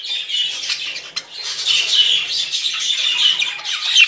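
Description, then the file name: Parakeet flock keeping up a busy, unbroken mass of thin squeaky chirps and twitters, many birds calling at once. "suara parkit rombongan"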